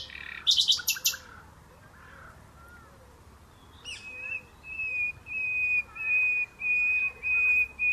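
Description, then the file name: Common nightingale giving a brief loud burst of rapid notes, a pause, then a series of pure, drawn-out whistled notes repeated in close succession. "Luscinia megarhynchos"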